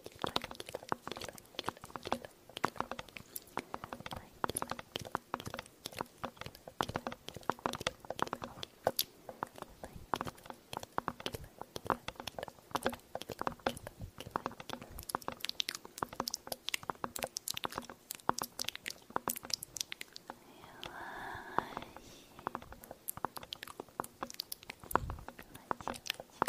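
Mouth sounds and tapping, dry: a dense, irregular stream of crisp clicks, crunches and chewing-like snaps runs the whole time. Around the twenty-one second mark a brief soft, murmuring tone rises underneath before the clicking resumes.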